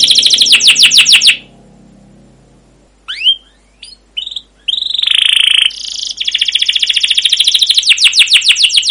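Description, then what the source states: Canary song: a fast rolling trill of repeated notes, then a pause, a few sharp rising chirps, and a long buzzy rolling trill to the end. Long rolling canary song (masteran), used as a lure to prompt other canaries to sing.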